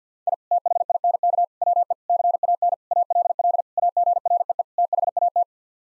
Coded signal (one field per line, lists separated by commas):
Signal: Morse code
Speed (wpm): 50 wpm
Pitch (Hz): 700 Hz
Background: none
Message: I THINK WE CAN ALL AGREE THAT